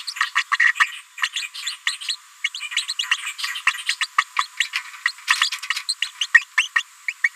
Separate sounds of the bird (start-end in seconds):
0.07-0.14, 0.36-0.43, 0.51-0.56, 0.59-0.72, 0.80-0.86, 1.23-1.28, 1.36-1.43, 1.87-1.95, 2.08-2.16, 2.44-2.48, 2.54-2.60, 2.76-2.82, 2.88-2.93, 2.99-3.04, 3.11-3.16, 3.67-3.73, 3.89-3.94, 4.01-4.06, 4.18-4.24, 4.38-4.46, 4.60-4.65, 4.75-4.80, 5.05-5.12, 5.41-5.49, 5.89-5.94, 6.02-6.07, 6.21-6.26, 6.34-6.44, 6.57-6.67, 6.75-6.83, 7.08-7.13, 7.24-7.28